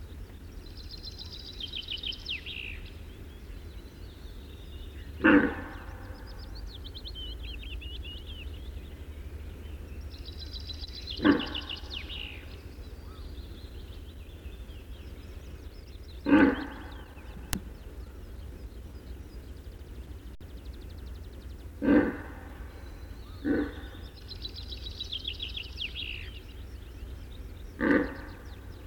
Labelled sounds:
Red Deer (Cervus elaphus)
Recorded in the wild
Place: Venz, Insel Rügen, Mecklenburg-Vorpommern, DE
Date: 1969-05-21
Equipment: NAGRA III BH, Sennheiser MD21 mit Reflektor (d=75 cm, Glasfiber) und Stativ
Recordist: Schubert, Michael

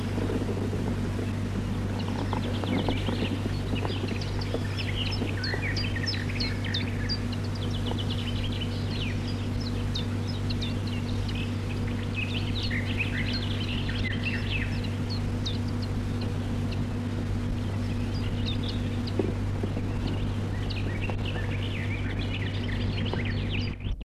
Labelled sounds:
Common Chiffchaff (Phylloscopus collybita)
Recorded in the wild
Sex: pair
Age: adult
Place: Friedrichsmoor, Landschaftsschutzgebiet Lewitz, Mecklenburg-Vorpommern, DE
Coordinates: 53.4572, 11.5731
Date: 1965-05-21
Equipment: Grundig TK 4, BG 20/6 - 19 cm/s
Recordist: Schubert, Michael

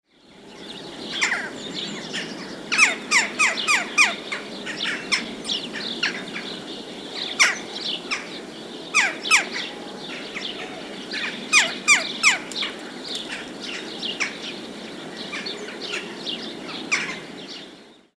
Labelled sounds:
Western Jackdaw (Coloeus monedula)
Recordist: Tembrock, Günter
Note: Rufe eines Trupps

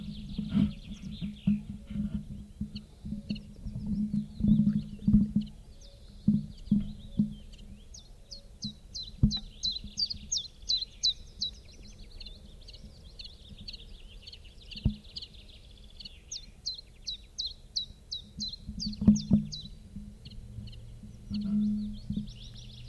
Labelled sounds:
Common Chiffchaff (Phylloscopus collybita) song
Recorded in the wild
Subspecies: collybita
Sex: male
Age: adult
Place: Ramsau, Bayern, DE
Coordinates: 47.625, 12.825
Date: 1964-05-30
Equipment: LGS26
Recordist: Faber, A. and Stumbrat

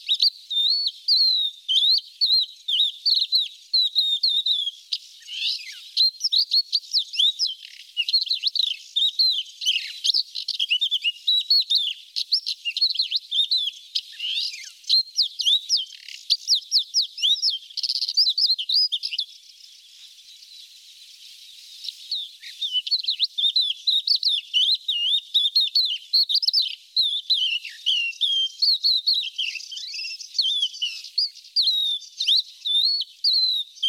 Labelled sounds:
Crested Lark (Galerida cristata) song
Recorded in the wild
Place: Nagyivan / Hortobagy, HU
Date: 1988-05-03
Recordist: Schwarz, Dieter
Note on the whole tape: Song

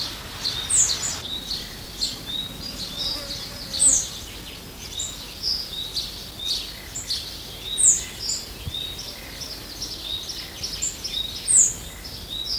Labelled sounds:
Yellowhammer (Emberiza citrinella) alarm call
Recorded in the wild
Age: diverse
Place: Sehnde, Niedersachsen, DE
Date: 1986-06-26
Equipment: Halbspur, 9,5 cm/s
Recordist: Lütgens, Hans

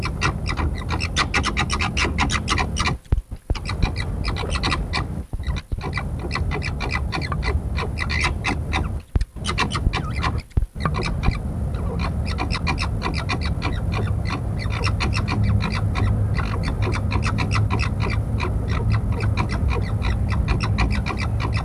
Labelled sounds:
Corsac Fox (Vulpes corsac)
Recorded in captivity
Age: adult
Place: Tierpark Berlin, Berlin, DE
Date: 1961-09-18 19:15
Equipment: Minifon, Kopie Smaragd
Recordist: Tembrock, Günter
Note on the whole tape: Zwei Tiere bei Begegnung: Keckern und Winseln, z.T. im Kasten. Ein Tier fiepte auch nach Art des Alopex. Abstand: 2 m

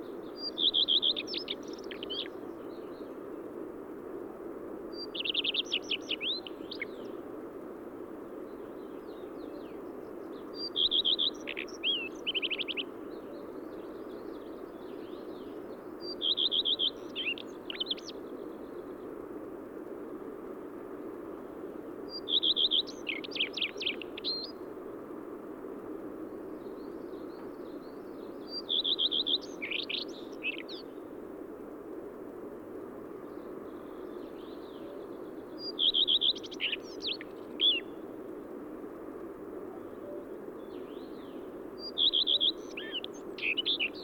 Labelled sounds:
Common Redstart (Phoenicurus phoenicurus) song
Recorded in the wild
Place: Dzhalmyn, MN
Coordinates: 48.166, 107.736
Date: 1979-06-10 05:45
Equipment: Nagra III BH, Sennheiser MD 21, parabola
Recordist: Schubert, Michael

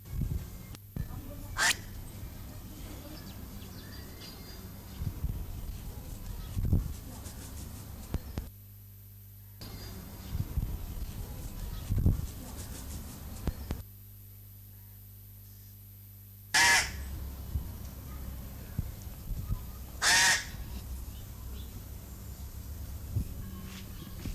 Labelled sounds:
Pied Crow (Corvus albus) call
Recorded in captivity
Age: adult
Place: Zoo Berlin, Berlin, DE
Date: 2005-08-17 11:55
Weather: fair, 18°C
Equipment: Panasonic RQ-2102, Sennheiser ME 80, Kopie Uher 4000 Report Monitor
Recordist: Tembrock, Günter
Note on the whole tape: Kurzlaute. Gute Aufnahmequalität

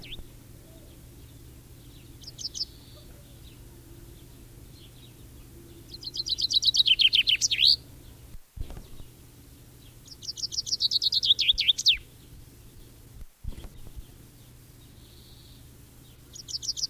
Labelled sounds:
Common Chaffinch (Fringilla coelebs) song
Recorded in the wild
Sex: male
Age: adult
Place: Erlangen, Bayern, DE
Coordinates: 49.5675, 11.0142
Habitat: forest
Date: 1964-06-20
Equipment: Vollspur, Original
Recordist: Tretzel, Erwin

